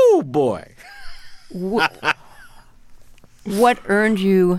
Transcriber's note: laughter